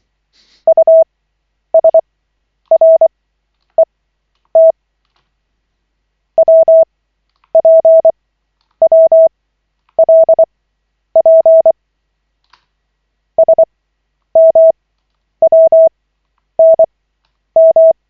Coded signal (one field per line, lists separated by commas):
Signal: Morse code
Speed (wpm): 24 wpm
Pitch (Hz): 650 Hz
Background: none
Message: USRET WPWLP SMWNM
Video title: Koch 11/40, 16.01.2025, CW practice session